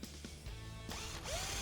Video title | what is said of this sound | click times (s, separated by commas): DLA - DLB - DLBS PARAFUSOS PARA PERFIS DE DRYWALL E LSF - Class #002 | o barulhinho dela eh fazendo o torque acabou porque senão se você ficar rodando | 0.0 s